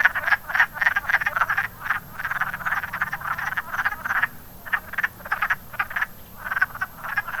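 Wood frogs croaking in bursts of quick duck-like clucks, the chorus pausing briefly between busy stretches.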